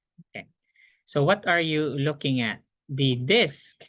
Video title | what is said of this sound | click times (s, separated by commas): Feb 1 #2 | you'll hear a click okay | 0.4 s